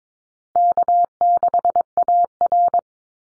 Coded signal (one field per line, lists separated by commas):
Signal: Morse code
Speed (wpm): 22 wpm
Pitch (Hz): 700 Hz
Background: none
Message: K6AR